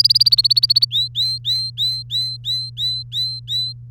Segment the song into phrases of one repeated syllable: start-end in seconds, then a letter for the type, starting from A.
0.00-0.85 A, 0.91-3.73 B